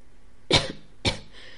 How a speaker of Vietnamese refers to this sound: Khấu Lẩm rét run cả người, ho khan thật mạnh vài tiếng, thanh âm khàn khàn.